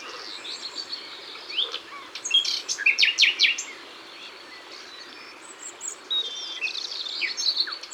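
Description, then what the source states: Common nightingale song with a loud middle phrase of rapid, sharp repeated notes, framed by softer warbling. Ardèche.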